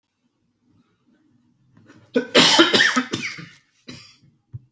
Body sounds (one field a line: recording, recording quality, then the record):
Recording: heavy voluntary cough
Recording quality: excellent, no background noise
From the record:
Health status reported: healthy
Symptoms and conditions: cold, hypertension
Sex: male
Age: 50 years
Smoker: not ticked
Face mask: not worn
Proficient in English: yes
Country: India